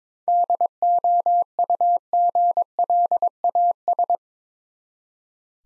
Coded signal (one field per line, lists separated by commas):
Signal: Morse code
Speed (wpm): 21 wpm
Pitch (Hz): 700 Hz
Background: none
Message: DOUGLAS